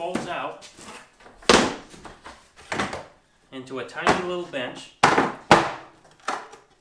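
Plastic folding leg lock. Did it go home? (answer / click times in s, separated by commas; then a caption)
yes / 5.5 s. Someone talks while a plastic folding table is folded out into a small bench, with sharp knocks at about 1.5 s and 2.7 s as it is unfolded. At 5.5 s a loud, sharp snap sounds as the table's leg or frame lock clicks into the locked-open position. The bench is now locked open.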